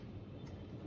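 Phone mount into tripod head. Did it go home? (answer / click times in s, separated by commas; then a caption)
no / none. A phone mount is being attached to a tripod head and pushed straight in, heard as a low, steady rumbling handling noise with no distinct transient. Nothing has seated or clicked yet.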